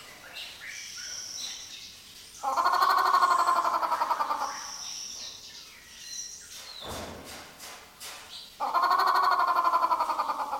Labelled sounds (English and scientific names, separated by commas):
Grey Peacock-Pheasant (Polyplectron bicalcaratum)